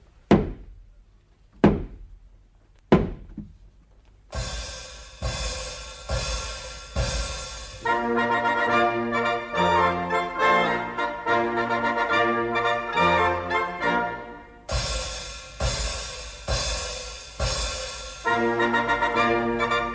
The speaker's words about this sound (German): Weil wir Vater und Mutter nicht heiraten können, muss ich zum dritten Mal gegen die Tür anrennen.